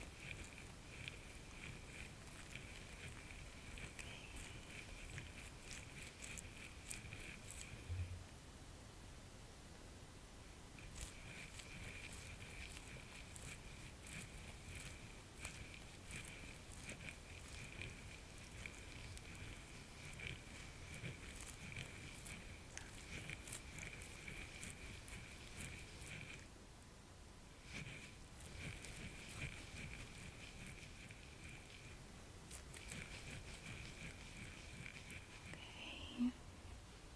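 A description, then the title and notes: Steady rubbing and scratching from a scalp massage, with a faint hiss and brief pauses near 9 and 27 seconds. ASMR Natural Spa Facial Treatment & Scalp Massage.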